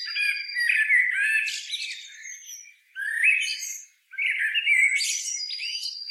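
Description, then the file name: Common blackbird: three short warbled phrases with chattering, squeaky endings, each broken off by a brief pause. "Turdus merula"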